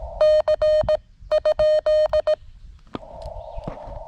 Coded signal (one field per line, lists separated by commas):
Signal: Morse code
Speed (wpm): 17 wpm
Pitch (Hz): 620 Hz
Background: none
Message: C?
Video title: When things go wrong.....CW POTA at K-5072